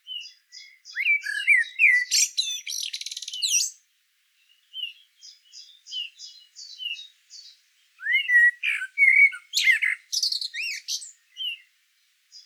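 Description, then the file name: Common blackbird in a varied song: warbled phrases and a harsh buzzy rattle, then soft high notes, then more fluty, squeaky, twittering phrases. "Turdus merula"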